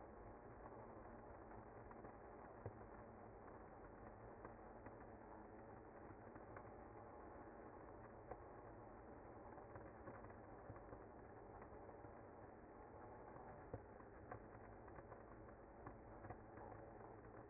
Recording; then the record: honeybee colony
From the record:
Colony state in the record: active